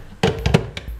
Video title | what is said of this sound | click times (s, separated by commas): Nespresso Inissia De'longhi Macchina per Caffè Espresso | inserita all'interno dei buchi che che fa clic una volta inserita andiamo ad | 0.2 s